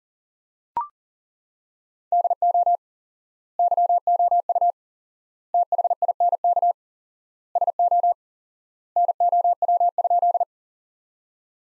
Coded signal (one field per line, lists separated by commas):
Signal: Morse code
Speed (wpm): 40 wpm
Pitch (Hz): 700 Hz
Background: none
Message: DO YOU THINK SO NOW?